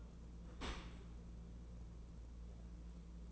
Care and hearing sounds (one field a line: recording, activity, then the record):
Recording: daily activity, microphone in the room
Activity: open dishwasher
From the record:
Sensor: 1